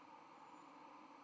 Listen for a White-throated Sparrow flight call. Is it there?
no